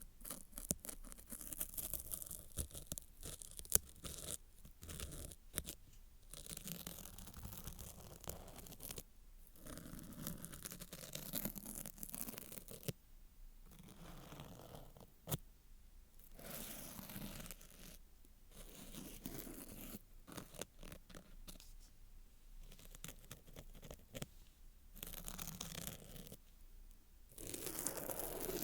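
Intense scratching and crinkly rubbing against the ear, bursting in irregular dense patches with brief silent gaps.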